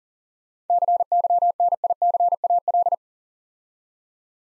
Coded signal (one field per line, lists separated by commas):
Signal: Morse code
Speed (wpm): 40 wpm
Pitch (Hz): 700 Hz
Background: none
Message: CYNICAL